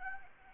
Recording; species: mosquito wingbeat signal from an infrared sensor; Anopheles gambiae